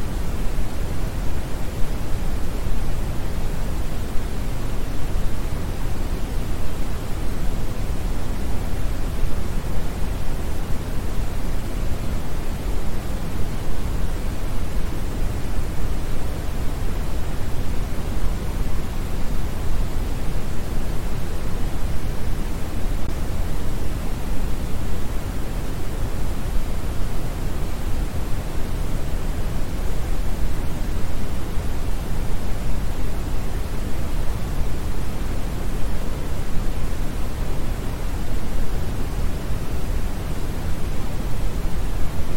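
Smoothed brown noise plays as a constant, dense wash with no events or changes over the whole stretch. The sound is weighted toward a deep, soft rumble, with the highs rolled off, and the level stays perfectly even from start to finish.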